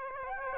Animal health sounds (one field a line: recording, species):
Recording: mosquito wingbeat signal from an infrared sensor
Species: Aedes aegypti